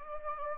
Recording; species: mosquito wingbeat signal from an infrared sensor; Anopheles gambiae